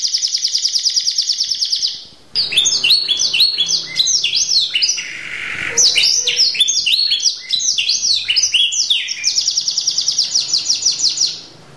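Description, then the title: Canary song opening with a steady high rolling trill, then a short break, rapid varied chirping phrases, and a return to the rolling trill. Champion singer. "Kicau Burung Kenari Juara"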